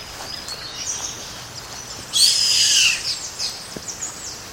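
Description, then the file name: Bird gives a single rasping screech of nearly a second, slightly falling at the end, amid soft background ticks and hiss. "SABIOD 50 bird 2015"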